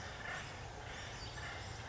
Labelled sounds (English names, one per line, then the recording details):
Acorn Woodpecker
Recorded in Sonoma County, California